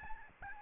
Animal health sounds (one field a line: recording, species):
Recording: mosquito wingbeat signal from an infrared sensor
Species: Aedes albopictus